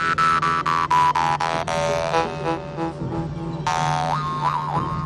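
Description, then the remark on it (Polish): A metal instrument held in the mouth, hand-forged hot over coal using only a hammer and pliers, twangs over a steady low drone: a quick run of about seven rhythmic plucks, then a sustained buzzing tone with shifting, wah-like overtones and brief pitch swoops. No talking. “Trzyma pan w buzi ten instrument? Tak. Dźwięk idzie z buzia, to kute na węglu, na gorąco, robi się tylko młotkiem i obcęgami.”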